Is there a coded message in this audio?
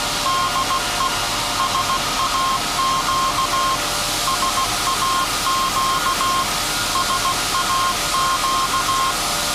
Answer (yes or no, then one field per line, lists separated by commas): yes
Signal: Morse code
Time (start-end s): 0.3-9.1 s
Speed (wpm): 16 wpm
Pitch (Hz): 1060 Hz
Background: none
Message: DE SAQ SAQ SAQ